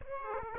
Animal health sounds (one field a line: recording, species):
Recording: mosquito wingbeat signal from an infrared sensor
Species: Aedes aegypti